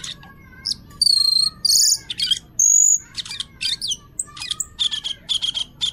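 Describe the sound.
A bird sings an energetic, varied song of bright whistles, harsh buzzy notes and fast chirping series, with a couple of long ringing notes in the middle.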